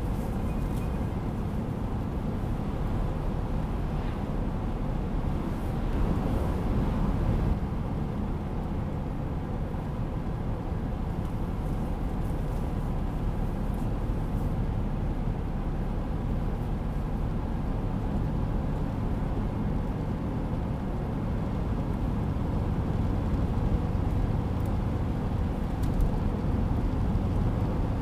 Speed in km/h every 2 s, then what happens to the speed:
87, 87, 84, 85, 86, 85, 85, 85, 86, 86, 85, 84, 84, 82.
0-28 steady at about 85.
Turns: none.